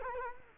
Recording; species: mosquito wingbeat signal from an infrared sensor; Culex quinquefasciatus